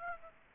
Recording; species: mosquito wingbeat signal from an infrared sensor; Aedes aegypti